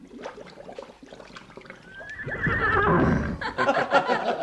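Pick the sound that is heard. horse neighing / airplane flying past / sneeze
horse neighing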